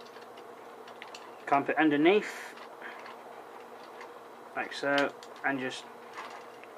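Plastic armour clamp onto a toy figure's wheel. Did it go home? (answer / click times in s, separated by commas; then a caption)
no / none. Someone talks while a plastic armour clamp is pushed underneath and forced onto the wheel of a toy figure, meant to click into place. Only faint handling ticks are heard against a low background hum. Nothing has clicked yet, though the piece is on anyway.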